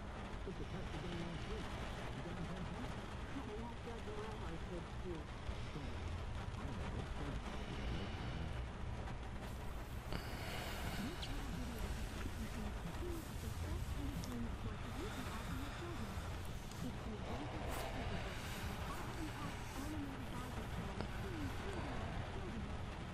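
Rain patters steadily on a trailer at night while a television plays quietly, its murmured voices and shifting tones running underneath. A constant low rumble fills the bottom throughout, and brighter bursts of sound flare up around ten and seventeen seconds.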